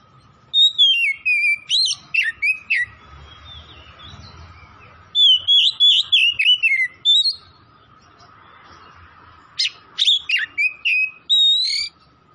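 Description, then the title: Oriental magpie-robin song, three energetic bursts of loud varied whistles and descending slurs spaced a few seconds apart, with a steady low hum. Tretes variety, singing vigorously (gacor). "Kacer Tretes"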